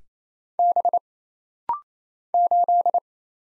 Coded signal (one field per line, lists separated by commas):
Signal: Morse code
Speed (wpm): 27 wpm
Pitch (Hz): 700 Hz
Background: none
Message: B 8